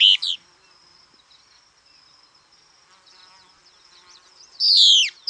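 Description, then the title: Plain-crested elaenia calls: short burry notes sliding downward, a couple at the start and more near the end, over a steady high insect hum. Nominate subspecies cristata. "LuckyPassaro Completos2Sama. Plain-crested Elaenia (Elaenia cristata cristata)"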